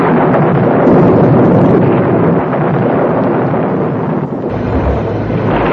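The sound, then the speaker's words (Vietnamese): A loud, deep roaring rumble from an underwater mine blast tearing into a large ship at night on a river, making the ship leap up out of the water, sustained and churning for several seconds with no voices, easing slightly toward the end. “Rõ ràng anh Truyện nhìn thấy chiếc tàu lớn phía trước mặt được phân công cho anh Thảo đặt mìn phá, bỗng dưng nhảy chồm lên khỏi mặt nước, một tiếng nổ tưởng xé màn tay.”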